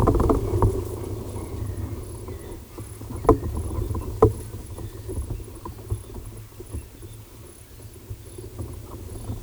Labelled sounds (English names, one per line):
none